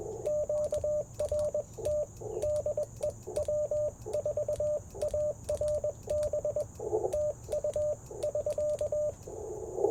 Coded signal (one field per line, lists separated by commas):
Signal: Morse code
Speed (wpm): 21 wpm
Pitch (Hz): 600 Hz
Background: radio noise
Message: QRT DE W4ARB TU <SK>